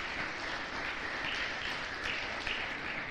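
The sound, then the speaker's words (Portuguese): An audience applauds Jesus for the anointing poured out, a dense wash of many hands clapping at an even, sustained level with no voices standing out above it. “Quem pode aplaudir a Jesus por essa unção derramada?”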